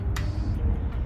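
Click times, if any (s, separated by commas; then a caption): 0.2 s. On a concrete pump hopper, lifting the grate turns a cam wheel that raises the small roller on the emergency stop limit switch, and the switch gives a short, bright click at 0.2 s. The click rises over a steady low rumble with no talk, and the switch has clicked into its seated position.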